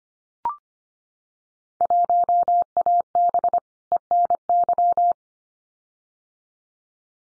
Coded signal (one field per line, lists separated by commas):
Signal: Morse code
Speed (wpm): 25 wpm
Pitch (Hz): 700 Hz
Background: none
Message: 1AB ENY